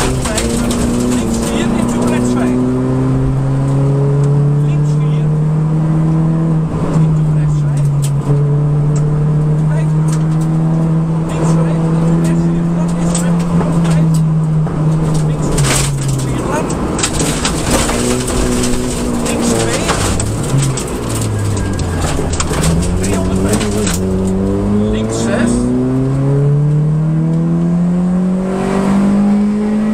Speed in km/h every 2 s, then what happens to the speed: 72, 84, 96, 91, 94, 100, 104, 91, 70, 70, 42, 36, 53, 74, 91.
0-4 speeds up to 96. 7-12 speeds up to 104. 12-22 brakes to 36. 22-30 speeds up to 91.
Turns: 19-23.